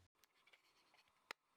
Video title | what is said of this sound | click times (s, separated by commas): Upgrade SSD in a Lenovo ThinkPad X260 / X270 | you can now take your new drive and attach it to the caddy by lining up the prawns with the holes on the drive and pushing until you hear them click into place | 1.3 s